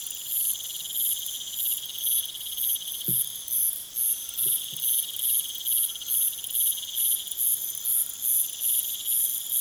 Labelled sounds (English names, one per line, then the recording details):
none
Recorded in pastures near Puerto Asís, Putumayo, Colombia, on 27 June 2025 at 21:00
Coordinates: 0.486, -76.323
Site H29